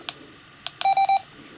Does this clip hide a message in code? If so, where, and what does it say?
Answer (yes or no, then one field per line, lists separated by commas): no